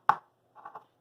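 A ball bearing with a blue protective cover is pushed into its plastic bearing carrier on the spur gear assembly of a Traxxas Revo RC truck's drivetrain. It seats with one sharp, loud snap at 0.1 s, followed by softer rustling handling sounds around 0.6–0.8 s.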